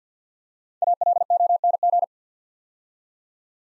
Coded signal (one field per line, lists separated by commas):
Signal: Morse code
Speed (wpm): 50 wpm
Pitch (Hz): 700 Hz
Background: none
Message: ALONG